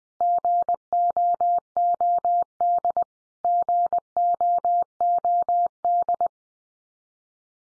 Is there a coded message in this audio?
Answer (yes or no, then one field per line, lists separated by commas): yes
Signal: Morse code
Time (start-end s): 0.2-6.3 s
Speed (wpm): 20 wpm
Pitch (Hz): 700 Hz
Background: none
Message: GOOD GOOD